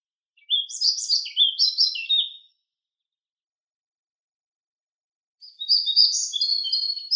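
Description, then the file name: European pied flycatcher song: a bright phrase of rapid, high twittering notes lasting about two seconds, then a quiet pause and the start of a second phrase, cut off at the end. "Ficedula hypoleuca"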